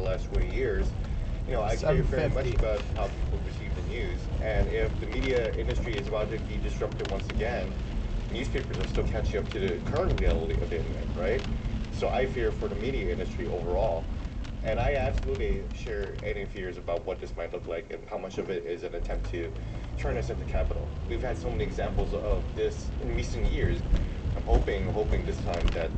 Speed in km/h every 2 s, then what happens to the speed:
29, 37, 42, 47, 47, 45, 34, 16, 0, 15, 27, 35, 42.
0-6 speeds up to 47. 9-17 brakes to 0. 17-26 pulls away to 42.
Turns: none.